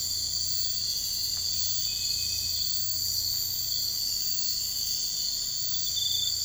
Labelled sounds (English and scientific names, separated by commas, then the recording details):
none
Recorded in dense forest near Puerto Asís, Putumayo, Colombia, on 13 March 2025 at 04:30
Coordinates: 0.485, -76.318
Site G056